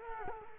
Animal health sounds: mosquito wingbeat signal from an infrared sensor; Culex quinquefasciatus

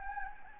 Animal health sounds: mosquito wingbeat signal from an infrared sensor; Anopheles gambiae

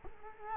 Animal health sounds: mosquito wingbeat signal from an infrared sensor; Culex quinquefasciatus

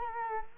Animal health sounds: mosquito wingbeat signal from an infrared sensor; Culex quinquefasciatus

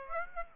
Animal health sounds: mosquito wingbeat signal from an infrared sensor; Aedes aegypti

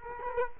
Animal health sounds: mosquito wingbeat signal from an infrared sensor; Culex quinquefasciatus

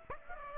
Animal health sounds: mosquito wingbeat signal from an infrared sensor; Aedes aegypti

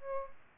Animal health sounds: mosquito wingbeat signal from an infrared sensor; Aedes albopictus

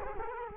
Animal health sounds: mosquito wingbeat signal from an infrared sensor; Culex quinquefasciatus

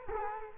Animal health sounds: mosquito wingbeat signal from an infrared sensor; Culex quinquefasciatus

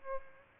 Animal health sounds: mosquito wingbeat signal from an infrared sensor; Aedes albopictus

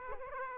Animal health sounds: mosquito wingbeat signal from an infrared sensor; Aedes aegypti

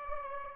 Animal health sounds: mosquito wingbeat signal from an infrared sensor; Aedes aegypti

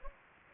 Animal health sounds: mosquito wingbeat signal from an infrared sensor; Anopheles gambiae

